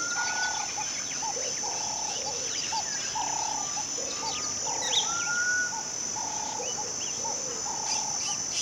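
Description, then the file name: Birds calling in a busy chorus, with repeated short whistled phrases, clipped chirps and a long level whistle, all over a continuous high-pitched drone. Intense bird singing in a West African countryside setting. "Sound Ideas - West Africa Country with Intense Birds Singing"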